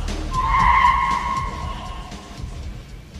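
A car's tires squeal in a long, high-pitched screech that swells and then fades over about two seconds, with a low engine rumble continuing underneath.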